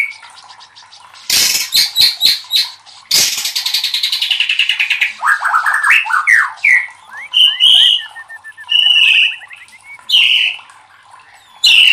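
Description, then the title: White-rumped shama song with harsh scratchy bursts and a buzzing chatter, then varied, spaced whistled notes. Masteran (training recording for cage birds) of murai batu 'Labaik'. "MASTERAN MURAI BATU LABAIK"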